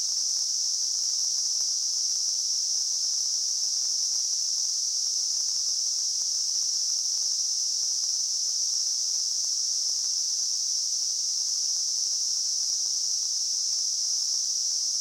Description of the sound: Tinnitus.